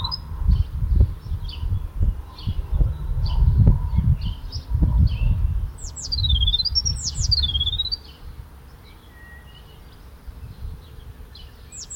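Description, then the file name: Eurasian blue tit gives high, falling-then-rising call notes after soft chirps, with loud low rumbling that stops partway through. "Cyanistes caeruleus"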